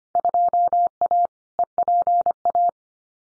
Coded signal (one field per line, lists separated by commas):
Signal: Morse code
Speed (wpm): 25 wpm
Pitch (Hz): 700 Hz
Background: none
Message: 2A EPA